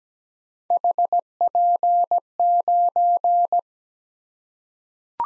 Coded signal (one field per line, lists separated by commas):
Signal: Morse code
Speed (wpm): 17 wpm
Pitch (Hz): 700 Hz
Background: none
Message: HP9